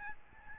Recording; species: mosquito wingbeat signal from an infrared sensor; Aedes albopictus